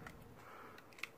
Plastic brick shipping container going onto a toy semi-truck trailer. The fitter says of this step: there and then that just snaps